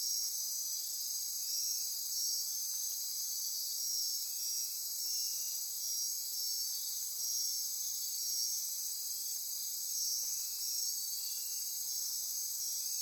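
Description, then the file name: Insect chorus, high pulsing trills forming a continuous drone, with short lower buzzy notes now and then. Midnight insect chorus near Corcovado. "Wind-is-the-Original-Radio-Fridays 20240628 Andy-Martin Midnight-Insect-Chorus-Near-Corcovado"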